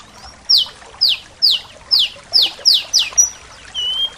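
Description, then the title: Bird song: a series of sharp, high downslurred notes about every half second, ending with a couple of thin, drawn-out whistles. "SuaraBurung Kicau"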